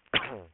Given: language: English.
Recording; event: throat vibration sensor signal played as sound; cough